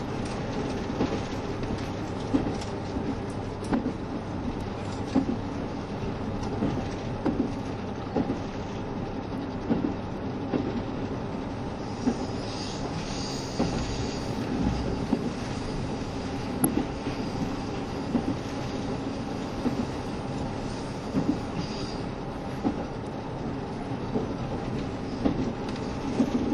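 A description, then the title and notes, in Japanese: Running sound recorded aboard a KiHa 72 series Yufuin no Mori diesel train between Ukiha and Hakata. A steady low rumble of engine and wheels continues throughout, with a constant droning tone and frequent small clunks. A faint high squeal rises around the 12 to 22 second mark. 配信は、JR九州キハ72系 ゆふいんの森06号02 うきは～博多です。走行音。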